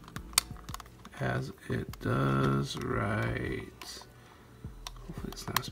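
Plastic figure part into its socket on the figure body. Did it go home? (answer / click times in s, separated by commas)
yes / 5.6 s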